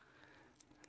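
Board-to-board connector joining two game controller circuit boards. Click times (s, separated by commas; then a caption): 0.8 s. A board-to-board connector joining two game controller circuit boards is pressed home for the third time, and it seats with a faint click at 0.8 s. A steady low hum runs underneath, with two other small ticks at 0.2 s and 0.6 s before the click.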